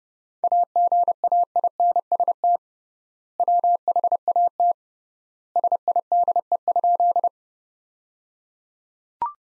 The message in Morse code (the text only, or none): AGAINST WHAT SIDE?